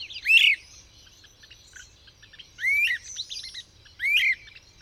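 Bird singing three bright, swooping phrases, each a quick upward whistle with a falling tail, with faint twittering behind.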